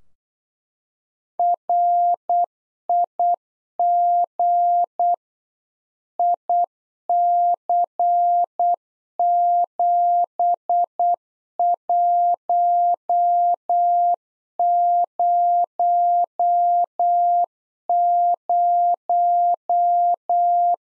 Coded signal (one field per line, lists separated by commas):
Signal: Morse code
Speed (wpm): 8 wpm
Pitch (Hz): 700 Hz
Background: none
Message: RIG IC7100